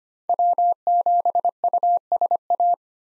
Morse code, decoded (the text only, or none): W7USA